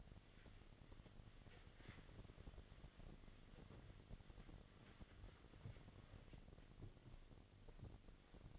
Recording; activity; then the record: daily activity, microphone in the room; wipe stove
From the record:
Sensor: 4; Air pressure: 1007.8 hPa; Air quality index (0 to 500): 197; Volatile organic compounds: 7 ppm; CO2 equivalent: 1968 ppm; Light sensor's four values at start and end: 23/71/27/26 and 22/70/27/26